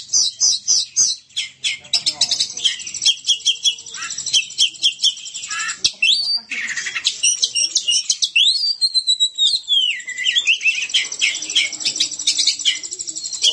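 Oriental magpie-robin singing a fast medley of clipped chirps, harsh rasping notes and sweeping whistled slurs that rise and fall, almost unbroken throughout.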